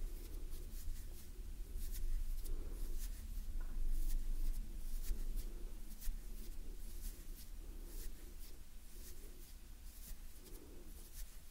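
Gentle hand movements make soft rustles and light scratchy brushes, with frequent short crisp ticks scattered through the twelve seconds. A low steady hum runs underneath, and a few soft swells near 2.5 and 10.5 seconds could be quiet breaths.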